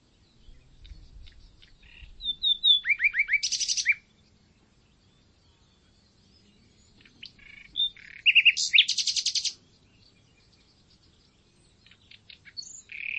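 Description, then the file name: Common nightingale song: varied phrases of quick whistled notes and loud buzzy rattles, separated by pauses. "Luscinia megarhynchos"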